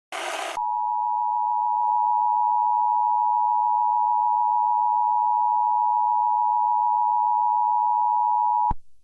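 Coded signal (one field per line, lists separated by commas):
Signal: Emergency Alert System (SAME) tones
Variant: 853 and 960 Hz attention tone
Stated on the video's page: Fictional EAS scenario using EAS tones.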